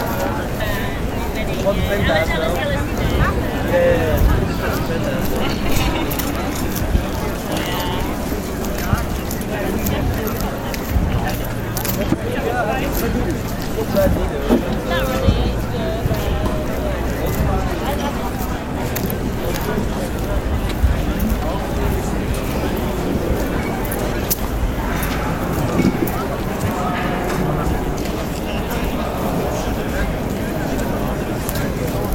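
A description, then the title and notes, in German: Lübeck's old town: a steady murmur of many voices talking at once, dense and unbroken for the whole stretch. A low rumble runs underneath, likely traffic or an engine, with occasional brief knocks and clicks popping out of the crowd noise. ASMR in der Altstadt von Lübeck: Ambient 3D-Sound. Es ist Abend geworden.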